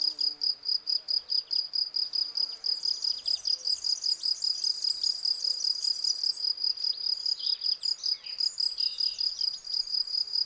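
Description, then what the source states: Field cricket chirping, a steady train of short bright pulses roughly two to three per second, with faint birdsong twittering in the background. Several field crickets singing in a garden lawn at Val Maravel on 18 April 2020, for three days; freshly new wings give clear stridulation; Nagra Seven recorder with cardioid MKH40 microphone.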